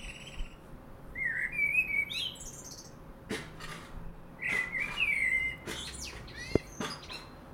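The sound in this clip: Common blackbird song of two sweet whistled phrases with scratchy high tails, punctuated by a few sharp clicks.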